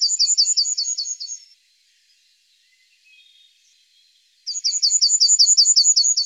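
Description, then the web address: Yellowhammer song of fast, repeated high, curling notes in two phrases, separated by a short gap of faint chirps. "IVN Zangvogels Geelgors"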